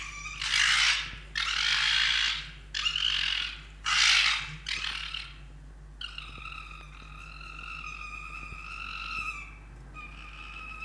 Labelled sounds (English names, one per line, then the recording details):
Red Fox
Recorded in captivity
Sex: male
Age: adult
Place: Zoologisches Institut der HUB, Berlin, DE
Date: 1956-02-13 22:00
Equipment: Elmetra
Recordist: Tembrock, Günter